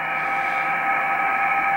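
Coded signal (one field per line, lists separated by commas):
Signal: PSK31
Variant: BPSK31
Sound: several faint steady warbling tones at different pitches over constant radio hiss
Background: radio static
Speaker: you'll hear these little tones that uh pop up. Basically, these are digital BPSK 31 signals.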